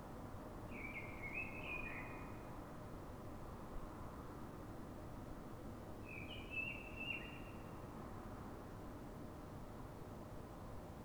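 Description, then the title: Common blackbird singing two brief warbling phrases several seconds apart, with a continuous low-pitched rumble underneath. City blackbird singing before dawn, before the noisy human world begins, so other blackbirds can hear it; described as a call-like song; Fuenlabrada, Madrid, Spain; recorded with a Zoom H1n recorder. "Pl. de Francisco Escolar, 10, Fuenlabrada, Madrid, España - Sonido Reclamo de Mirlo"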